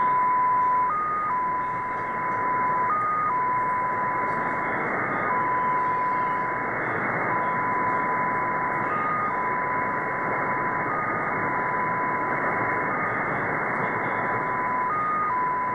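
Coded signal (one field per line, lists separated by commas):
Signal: numbers station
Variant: XPA2 digital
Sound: steady single tone that briefly jumps slightly higher every few seconds, over hiss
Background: radio static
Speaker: so this is xp a2 uh on 13394 upper sideband and this comes from moscow russia it is a digital number station spy number station actually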